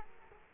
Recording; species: mosquito wingbeat signal from an infrared sensor; Culex quinquefasciatus